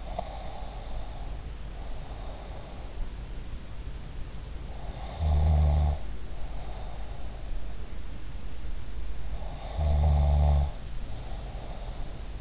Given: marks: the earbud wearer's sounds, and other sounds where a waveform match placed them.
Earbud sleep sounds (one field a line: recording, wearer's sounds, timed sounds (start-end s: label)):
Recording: sounds in sleep by an in-ear microphone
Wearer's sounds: breath, snoring breath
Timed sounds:
0.00-3.01 s: breath
4.65-7.69 s: snoring breath
9.41-12.41 s: snoring breath